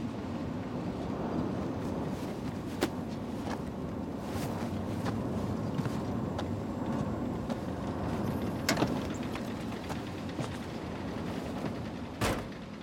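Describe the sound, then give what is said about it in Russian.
A father gets into a car: a few scattered clicks and shuffles over a steady rumbling hiss, then a louder clunk and a sharp, heavy thud like a door slamming shut. “Отец сел в машину”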